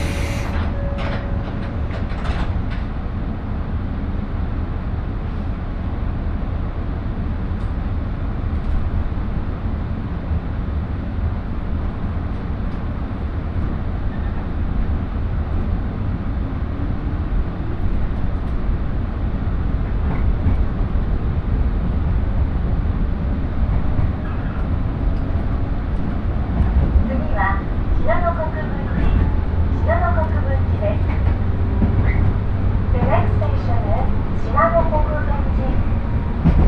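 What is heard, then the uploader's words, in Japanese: Steady low rumble of a train interior under way, with a constant motor drone, occasional brief clanks, and faint voices in the second half. しなの鉄道・北陸新幹線 小諸→上田→長野。やってきたのはラッキーなことに115系の3両編成。久々にモーター音の唸りを堪能できます。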